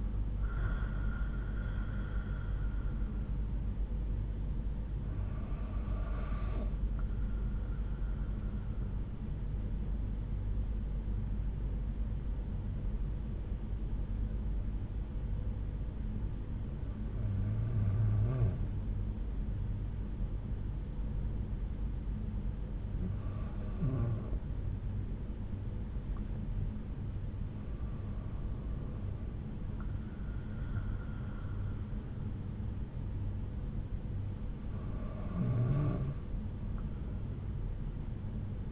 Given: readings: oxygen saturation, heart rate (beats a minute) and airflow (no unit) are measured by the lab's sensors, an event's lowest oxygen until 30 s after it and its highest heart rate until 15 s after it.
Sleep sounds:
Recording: breathing in sleep by a smartphone at the bedside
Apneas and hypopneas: 1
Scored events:
13.00-30.60 s: hypopnea (REM, oxygen 96% highest, then 94% lowest)
From the record:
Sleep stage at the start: REM sleep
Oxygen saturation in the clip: 86 to 97%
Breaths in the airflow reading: 6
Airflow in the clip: -4.8 to 5.7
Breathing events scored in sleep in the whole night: 368 in 8.0 hours asleep

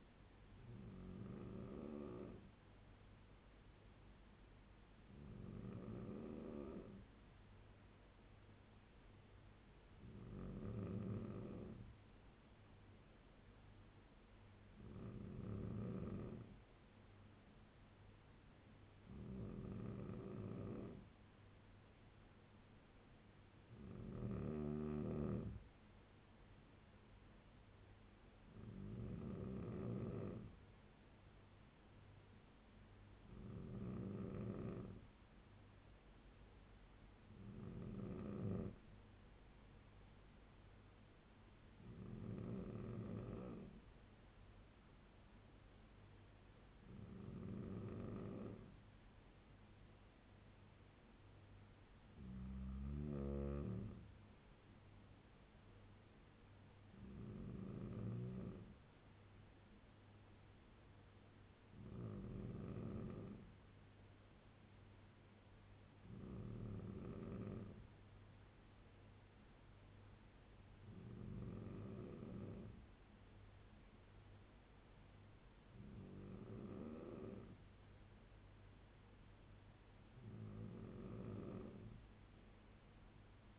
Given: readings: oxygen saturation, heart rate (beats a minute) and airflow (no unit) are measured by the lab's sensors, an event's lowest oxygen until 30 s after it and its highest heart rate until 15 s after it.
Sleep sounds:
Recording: breathing in sleep by a voice recorder at the bedside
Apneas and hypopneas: none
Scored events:
none scored
From the record:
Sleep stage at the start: N3 (deep sleep)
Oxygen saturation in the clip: 93 to 95%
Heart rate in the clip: 66 to 73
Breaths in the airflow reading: 18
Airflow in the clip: -4.7 to 4.9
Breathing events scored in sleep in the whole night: 201 in 6.5 hours asleep

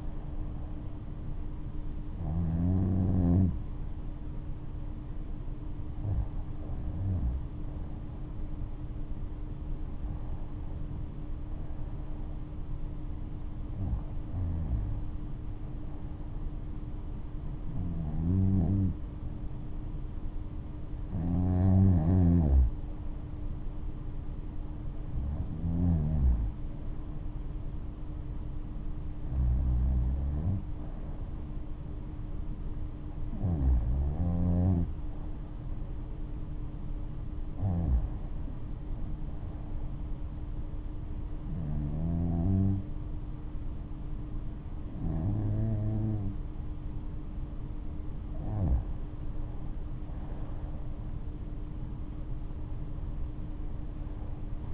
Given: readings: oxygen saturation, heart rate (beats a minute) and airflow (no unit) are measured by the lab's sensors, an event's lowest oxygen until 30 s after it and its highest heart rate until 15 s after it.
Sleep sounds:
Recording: breathing in sleep by a smartphone at the bedside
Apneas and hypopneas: none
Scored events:
none scored
From the record:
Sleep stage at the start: REM sleep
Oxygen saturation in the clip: 94 to 96%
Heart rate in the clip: 68 to 74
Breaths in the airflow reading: 14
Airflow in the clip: -11.3 to 10.0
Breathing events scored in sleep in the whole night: 228 in 5.4 hours asleep

